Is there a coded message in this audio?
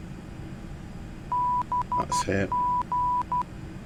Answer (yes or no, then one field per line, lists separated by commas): yes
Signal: Morse code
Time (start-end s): 1.3-3.4 s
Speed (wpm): 12 wpm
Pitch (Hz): 990 Hz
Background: speech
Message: BG